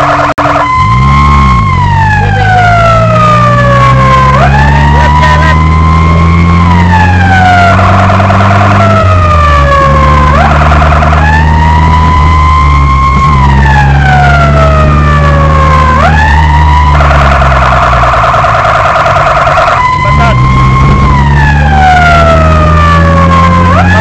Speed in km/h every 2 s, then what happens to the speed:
24, 27, 41, 44, 54, 56, 58, 53, 56, 36, 30, 41.
0-8 speeds up to 54. 12-19 brakes to 30. 20-24 speeds up to 41.